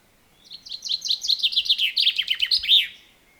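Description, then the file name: Common chaffinch song: a quick run of bright, descending notes ending with a sharp flourish, about two and a half seconds long. "Fringilla coelebs"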